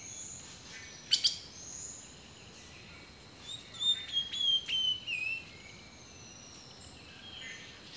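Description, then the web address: Bird song, a brief sharp chirp followed by a run of high whistled notes that slide downward, over a steady quiet background hiss. Rainforest birdsong. "The Natural Sounds of the Wilderness 10 CDs collection Echoes of Nature - Rainforest 03 Birdsong"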